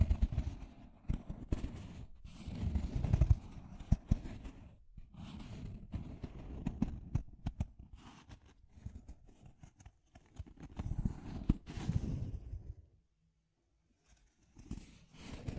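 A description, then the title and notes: Deep, rough scratching in dense uneven bursts with sharp clicks, steady through about thirteen seconds, then a near-silent pause before faint scraping resumes. Deep Scratching. (No Talking).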